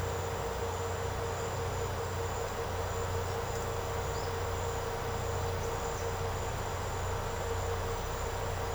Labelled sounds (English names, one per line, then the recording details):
none
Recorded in secondary vegetation near Puerto Asís, Putumayo, Colombia, on 13 March 2025 at 09:00
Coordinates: 0.468, -76.324
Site G059